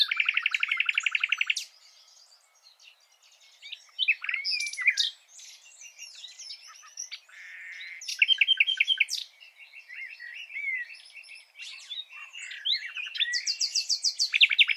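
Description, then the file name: Common nightingale song: a fast run of repeated notes, then varied chirps, twitters and high thin whistles with short pauses between phrases. "Luscinia megarhynchos"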